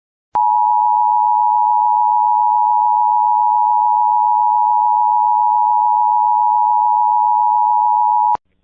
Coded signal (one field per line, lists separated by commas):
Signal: Emergency Alert System (SAME) tones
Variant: 853 and 960 Hz attention tone